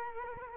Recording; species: mosquito wingbeat signal from an infrared sensor; Culex quinquefasciatus